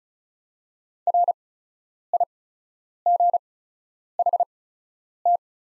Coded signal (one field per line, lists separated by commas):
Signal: Morse code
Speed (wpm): 36 wpm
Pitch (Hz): 700 Hz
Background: none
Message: RIGHT